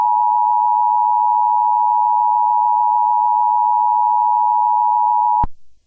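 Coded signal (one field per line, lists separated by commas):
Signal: Emergency Alert System (SAME) tones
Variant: 853 and 960 Hz attention tone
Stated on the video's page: Fictional Emergency Alert System scenario themed on Five Nights at Sonic's, not a real alert.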